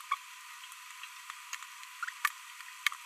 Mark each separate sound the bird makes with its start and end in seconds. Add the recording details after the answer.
0.12-0.14. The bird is a female. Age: 22 days. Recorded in a nest box in Venezuela. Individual 17B42B1